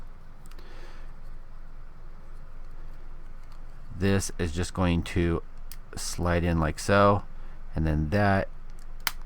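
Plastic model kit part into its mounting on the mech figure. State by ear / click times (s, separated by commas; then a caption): seated / 9.1 s. Someone talks as a plastic part on an MG 1/100 RGM-96X Jesta plastic model kit is slid into position on its mounting on the mech figure, with a few faint ticks near the start. The part is pushed down and one loud, sharp snap at 9.1 s marks it locking into place, seated.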